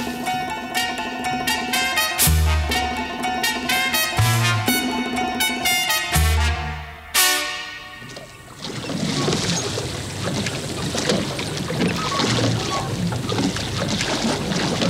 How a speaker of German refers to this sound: Können wir also aufhören mit Rudern? Ja, Boys, hört auf.